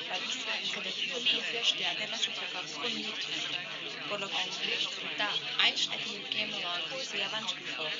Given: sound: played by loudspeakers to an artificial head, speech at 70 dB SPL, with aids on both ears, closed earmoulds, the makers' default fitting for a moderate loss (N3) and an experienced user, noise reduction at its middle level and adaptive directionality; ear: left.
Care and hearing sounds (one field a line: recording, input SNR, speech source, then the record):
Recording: speech test signal (ISTS) in cocktail-party noise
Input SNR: 0 dB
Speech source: in front (0 degrees)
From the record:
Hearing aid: class 1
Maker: G